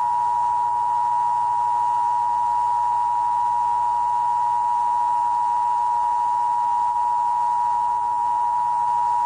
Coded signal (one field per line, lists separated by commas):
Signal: Emergency Alert System (SAME) tones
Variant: 853 and 960 Hz attention tone